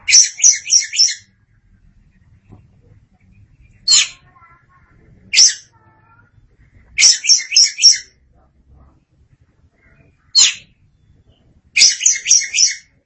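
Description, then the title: Oriental magpie-robin song alternating rapid buzzy four-note bursts with single sharp notes, separated by pauses of a few seconds. "Suara Kicauan Burung Kacer Durasi Panjang"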